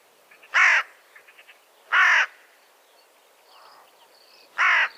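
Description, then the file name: Carrion crow giving three loud, harsh caws separated by pauses. "Corvus corone"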